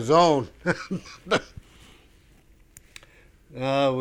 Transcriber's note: he laughs